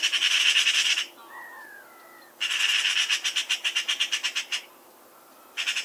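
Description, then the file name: Eurasian magpie chattering in three bursts of fast, grating, repeated notes; soft whistled phrases from another bird fill the gap after the first burst. "Pica pica"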